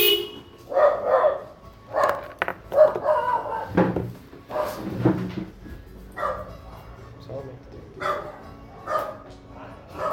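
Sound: dogs barking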